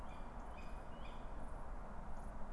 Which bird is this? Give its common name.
Tawny Owl